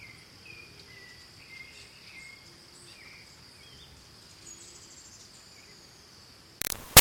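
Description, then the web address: Steady high cricket trill with a few soft bird notes, ending in a sudden loud crackling burst of noise. Ambience recorded in Costa Rica, with birds. "Big Room Sound Birds Crickets Costa Rica"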